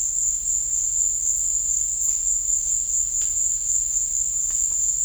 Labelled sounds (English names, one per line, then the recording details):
none
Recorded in dense forest near Puerto Asís, Putumayo, Colombia, on 26 December 2024 at 16:30
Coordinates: 0.484, -76.325
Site G056